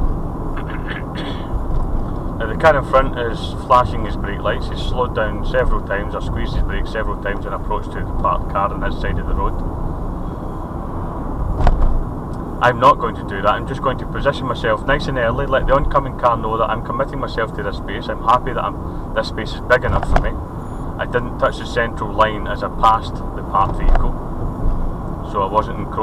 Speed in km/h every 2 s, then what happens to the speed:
44, 42, 42, 40, 42, 42, 44, 40, 40, 39, 39, 40, 44.
0-26 steady at about 42.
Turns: none.